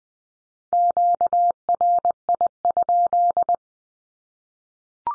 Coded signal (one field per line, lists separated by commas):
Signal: Morse code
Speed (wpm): 20 wpm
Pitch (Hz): 700 Hz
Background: none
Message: QRI?